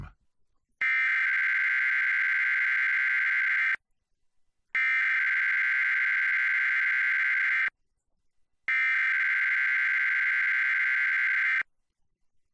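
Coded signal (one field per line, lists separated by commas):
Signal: Emergency Alert System (SAME) tones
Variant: header bursts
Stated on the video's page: Kentucky tornado drill EAS activation on WKYT-TV, recorded over-the-air with glitching; decoder picked up the signal from WUKY-FM.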